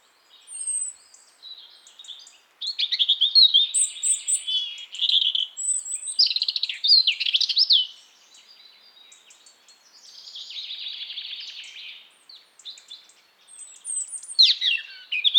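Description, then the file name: European robin song, long and varied, with sliding whistles, buzzy trills and sparkling high notes in phrases broken by short pauses. "Erithacus rubecula"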